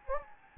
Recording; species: mosquito wingbeat signal from an infrared sensor; Anopheles gambiae